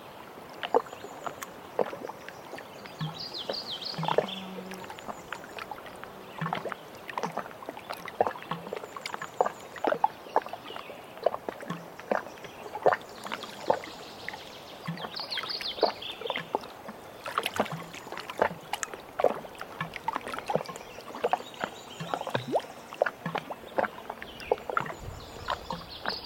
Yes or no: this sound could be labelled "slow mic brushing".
no